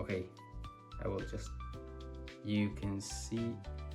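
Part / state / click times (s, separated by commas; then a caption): detachable controller into handheld console side rail / not seated / none. A detachable controller is handled against the side rail of a Nintendo Switch 2 handheld console while someone talks over background music. Nothing has seated or clicked yet.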